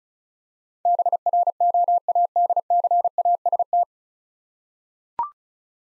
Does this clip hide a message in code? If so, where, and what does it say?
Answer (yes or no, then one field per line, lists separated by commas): yes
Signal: Morse code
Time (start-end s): 0.9-3.8 s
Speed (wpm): 34 wpm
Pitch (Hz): 700 Hz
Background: none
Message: BROADCAST